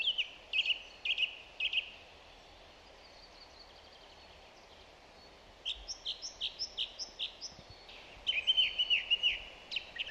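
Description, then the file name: Song thrush song with a fluty phrase repeated four times, a quiet gap, then two series of rapidly repeated notes. "Zanglijster Turdus philomelos"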